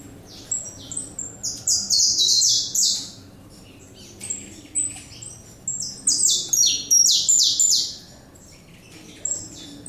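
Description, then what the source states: Saffron finch singing two quick bursts of bright, high chirps that slide downward, with a short silence between the phrases. Recorded in the Pantanal.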